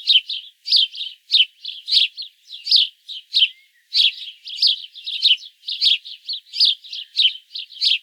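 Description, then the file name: House sparrow giving repeated rough chirps, roughly one or two each second, unbroken over eight seconds against a quiet background. "Passer domesticus"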